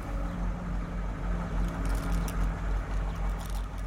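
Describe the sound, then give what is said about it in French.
A truck rumbles in the street, its deep engine drone steady throughout, with brief hissing bursts of brakes breaking through partway and again near the end. No voices. “Un camion freine dans la rue.”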